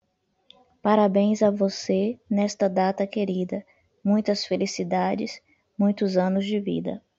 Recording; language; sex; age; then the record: short text; Brazilian Portuguese; female; 40 to 49 years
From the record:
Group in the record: control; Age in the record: 40 years